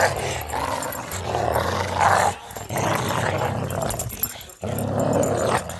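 Dog growling in three long, rough, rumbling bursts separated by brief pauses.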